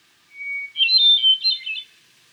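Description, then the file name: Hermit thrush singing one phrase: a long steady whistled note followed by a swirling, flute-like flourish. Song recorded in New Hampshire. "HETH SONG NH - Hermit Thrush - Catharus guttatus"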